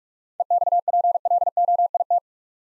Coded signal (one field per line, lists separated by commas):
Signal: Morse code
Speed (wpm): 44 wpm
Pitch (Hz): 700 Hz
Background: none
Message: EXPLOIT